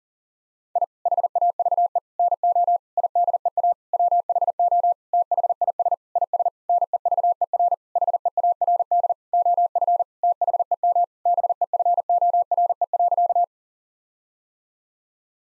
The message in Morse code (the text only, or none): I HAVE NO IDEA WHO THIS IS NEVER HEARD OF THEM BEFORE.